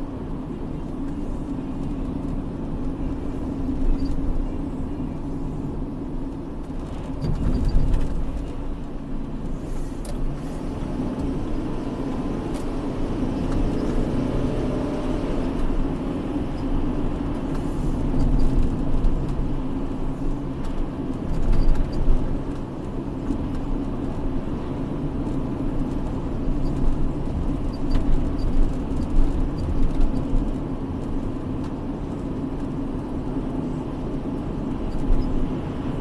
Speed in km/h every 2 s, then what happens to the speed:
68, 68, 66, 64, 65, 72, 83, 91, 86, 83, 79, 80, 79, 80, 79, 79, 76, 78.
0-8 steady at about 66. 8-14 speeds up to 91. 14-20 slows to 79. 20-36 steady at about 79.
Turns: none.